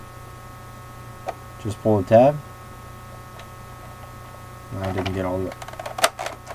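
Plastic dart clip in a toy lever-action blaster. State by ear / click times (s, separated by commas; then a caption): released / 6.0 s. Someone talks while pulling the release tab on a Nerf Zombie Strike Slingfire, a toy lever-action foam-dart blaster, to drop its plastic dart clip (magazine). The first pull doesn't go all the way, and on the retry the clip comes free with a sharp plastic clack at 6.0 s.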